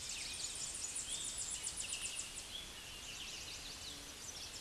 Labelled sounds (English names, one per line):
Tennessee Warbler song